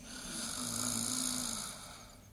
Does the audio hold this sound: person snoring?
yes